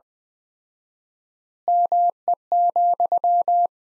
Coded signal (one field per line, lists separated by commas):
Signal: Morse code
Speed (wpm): 20 wpm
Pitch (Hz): 700 Hz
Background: none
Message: ME,